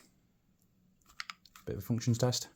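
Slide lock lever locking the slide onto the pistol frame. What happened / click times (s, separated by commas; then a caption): The slide lock lever clicks into place / 1.2 s, 1.3 s. During reassembly of an Umarex HK USP 4.5mm CO2 BB air pistol, the slide lock lever is lifted to lock the slide back onto the frame. Two sharp clicks at 1.2 s and 1.3 s show the lever seating into place, followed by a few lighter ticks. Someone then talks.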